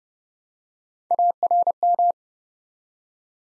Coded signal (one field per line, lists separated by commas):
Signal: Morse code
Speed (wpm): 30 wpm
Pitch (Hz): 700 Hz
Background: none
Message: ARM